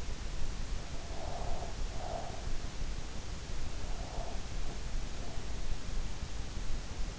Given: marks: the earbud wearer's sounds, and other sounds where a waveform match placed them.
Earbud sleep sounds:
sounds in sleep by an in-ear microphone; breath
1.00-2.66 s: breath

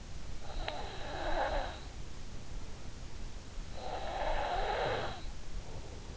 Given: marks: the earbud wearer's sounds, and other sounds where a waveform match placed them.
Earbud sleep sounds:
sounds in sleep by an in-ear microphone; breath
0.00-2.45 s: breath
3.42-5.82 s: breath

